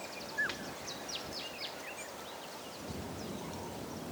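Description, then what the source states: Birds making sharp downslurred whistles in quick succession, followed by quieter scattered chirps over constant background noise. Calm ambience of African bush.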